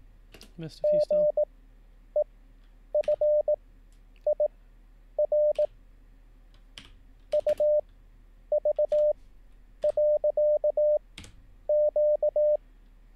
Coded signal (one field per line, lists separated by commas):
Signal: Morse code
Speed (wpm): 18 wpm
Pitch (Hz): 600 Hz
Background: speech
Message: GEFIR UV.Q